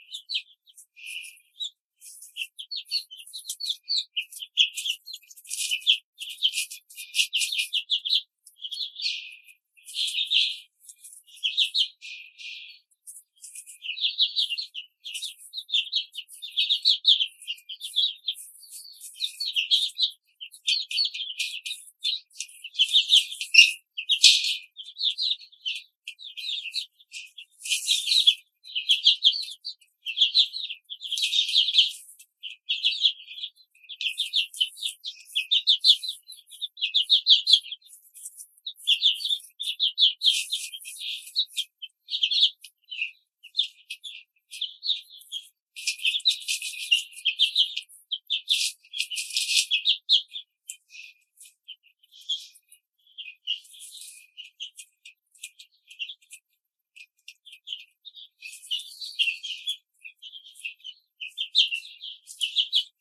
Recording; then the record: young laying hens in a cage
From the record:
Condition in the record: control cage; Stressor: none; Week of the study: 5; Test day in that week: 1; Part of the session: 4